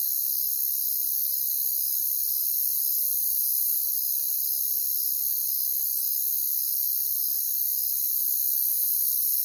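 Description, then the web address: Cricket chorus, an unbroken shrill high trilling from many insects, steady in loudness throughout. "Nature Songs Nature Sounds Sounds of Nature Collection Crickets"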